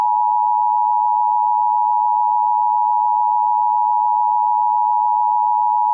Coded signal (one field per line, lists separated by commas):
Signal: Emergency Alert System (SAME) tones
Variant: 853 and 960 Hz attention tone